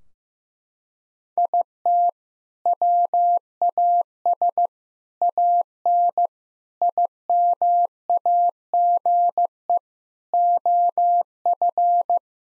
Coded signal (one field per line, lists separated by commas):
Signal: Morse code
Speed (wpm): 15 wpm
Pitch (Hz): 700 Hz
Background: none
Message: IT WAS AN IMAGE OF